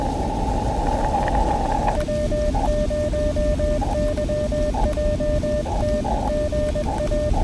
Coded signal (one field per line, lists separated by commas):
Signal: Morse code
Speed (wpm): 21 wpm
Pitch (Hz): 590 Hz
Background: none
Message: W0YJT GA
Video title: From Hamvention to the Hoosier State: A POTA Excursion with friends through Indiana's Past!